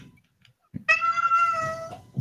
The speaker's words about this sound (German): Steht an der Tür und jammert. Ich grüße an die Katze von mir.